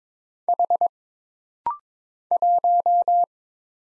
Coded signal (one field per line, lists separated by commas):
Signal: Morse code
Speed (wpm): 22 wpm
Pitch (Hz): 700 Hz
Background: none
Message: H 1